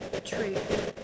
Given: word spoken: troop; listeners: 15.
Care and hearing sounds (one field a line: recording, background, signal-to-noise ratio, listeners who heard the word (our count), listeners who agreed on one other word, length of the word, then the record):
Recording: one English word in noise, from a listening test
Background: noise modulated by three-talker babble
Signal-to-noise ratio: -4.5 dB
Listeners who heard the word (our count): 4 of 15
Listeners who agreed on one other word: 6 of 15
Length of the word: 0.64 s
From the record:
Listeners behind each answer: 6, 4, 2, 2, 1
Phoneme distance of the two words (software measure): 10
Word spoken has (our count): 1 syllable, 4 phonemes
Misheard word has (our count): 1 syllable, 4 phonemes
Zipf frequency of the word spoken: 3.50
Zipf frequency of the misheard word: 4.91